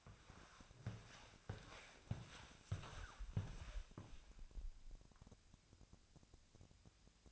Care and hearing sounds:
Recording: daily activity, microphone in the room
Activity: walk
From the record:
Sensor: 2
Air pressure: 1000.4 hPa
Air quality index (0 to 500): 164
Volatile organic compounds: 3 ppm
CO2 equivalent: 1366 ppm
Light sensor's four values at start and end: 14/38/15/17 and 14/38/15/17

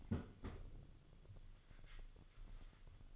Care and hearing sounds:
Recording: daily activity, microphone in the room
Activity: close fridge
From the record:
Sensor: 4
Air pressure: 1008.6 hPa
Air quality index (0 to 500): 76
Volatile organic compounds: 1 ppm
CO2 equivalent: 636 ppm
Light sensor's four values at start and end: 13/29/12/12 and 13/30/12/12

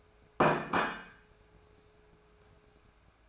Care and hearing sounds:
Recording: daily activity, microphone in the room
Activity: place plate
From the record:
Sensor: 2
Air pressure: 1014.9 hPa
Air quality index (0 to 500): 205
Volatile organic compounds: 21 ppm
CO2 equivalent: 2708 ppm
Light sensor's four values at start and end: 17/42/18/20 and 17/41/18/20

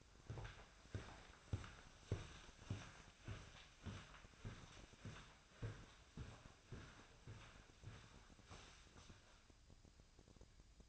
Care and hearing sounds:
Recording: daily activity, microphone in the room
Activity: walk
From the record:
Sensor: 2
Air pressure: 1009.1 hPa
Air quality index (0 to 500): 182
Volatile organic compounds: 3 ppm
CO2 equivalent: 1329 ppm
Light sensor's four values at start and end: 47/120/52/57 and 48/121/53/58

